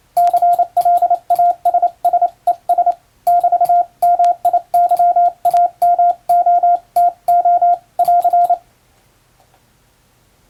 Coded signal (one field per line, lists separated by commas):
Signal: Morse code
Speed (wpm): 28 wpm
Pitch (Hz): 700 Hz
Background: radio noise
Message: CLASSES <BT>MIYAMOTO <AR>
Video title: 昭和の通信方法、懐かしいモールス信号を打ってみた！暗号を使うようでカッコいいかな？欧文モールス符号を打ってみました！YouTubeの速度を調整して聴いてみよう morse code practice